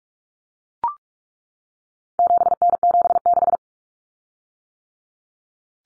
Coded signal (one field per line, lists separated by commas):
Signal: Morse code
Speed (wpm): 44 wpm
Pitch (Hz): 700 Hz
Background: none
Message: 7N76